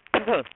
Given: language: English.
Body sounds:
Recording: throat vibration sensor signal played as sound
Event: cough

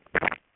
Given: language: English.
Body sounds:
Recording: throat vibration sensor signal played as sound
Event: swallow

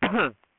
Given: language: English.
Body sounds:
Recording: throat vibration sensor signal played as sound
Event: cough

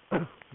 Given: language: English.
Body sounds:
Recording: throat vibration sensor signal played as sound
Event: cough

